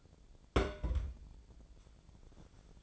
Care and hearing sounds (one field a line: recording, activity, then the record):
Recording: daily activity, microphone in the room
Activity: place on stove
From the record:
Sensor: 5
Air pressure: 1000.1 hPa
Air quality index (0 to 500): 92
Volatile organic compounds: 1 ppm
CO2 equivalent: 753 ppm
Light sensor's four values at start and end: 310/723/316/354 and 311/726/317/355